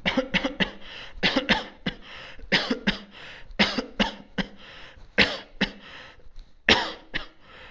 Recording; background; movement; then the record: voluntary coughing; quiet; sitting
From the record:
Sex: male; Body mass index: 22.0 kg/m2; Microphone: on the chest, facing outward